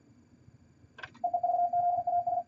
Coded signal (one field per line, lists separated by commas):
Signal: Morse code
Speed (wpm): 50 wpm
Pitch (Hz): 700 Hz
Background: none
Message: EEVZAS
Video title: Morse Code Training At 49 Words Per Minute!